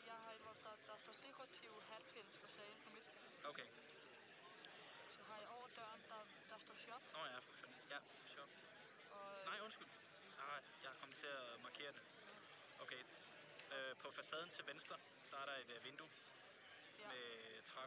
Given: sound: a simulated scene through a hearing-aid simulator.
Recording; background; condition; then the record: conversation; cafeteria; +4 dB SNR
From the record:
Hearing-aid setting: II (fast-acting compression, audibility-based gain, advanced features for about 2.5 dB of SNR improvement); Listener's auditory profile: D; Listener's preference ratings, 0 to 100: 81, 63, 60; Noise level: 65 dB SPL